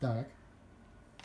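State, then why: Seated. Someone talks briefly, then after a quiet stretch a plastic part of a Black+Decker steam mop is pushed into its socket in the mop body during assembly. It clicks into place with a short sharp click at 1.2 s, and the part is seated.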